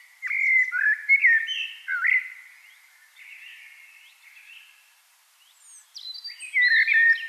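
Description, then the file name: Eurasian blackbird song: rich, mellow warbling phrases, a quieter gap, then a renewed burst of fluted notes ending in higher twittering. "Turdus merula"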